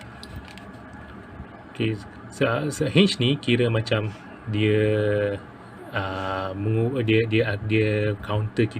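An archer at full draw rotates a hinge release, the sear on a bow string release aid, and keeps applying pressure until it lets go. Sharp clicks sound at 0.2, 0.5 and 0.6 seconds, and the hinge release fires, releasing the string. Someone then talks for the rest of the clip.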